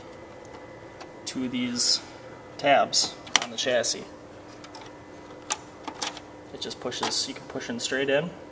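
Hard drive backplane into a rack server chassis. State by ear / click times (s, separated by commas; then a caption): not seated / none. A replacement 6-bay hard drive backplane is lined up with the holes and tabs in a PowerEdge 2950 rack server chassis and pushed straight in and down, producing brief plastic-and-metal taps and scrapes while someone talks. Nothing has seated or clicked into place yet.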